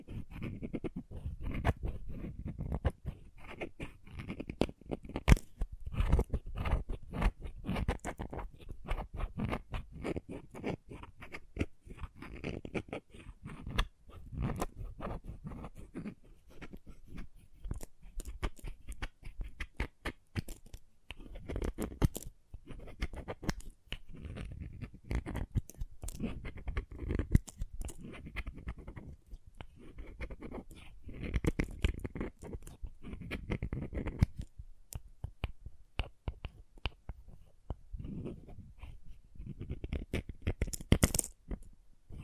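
Crayons tap, scrape and carve in dense, irregular bursts of sharp clicks and scratchy strokes, with brief pauses near the end.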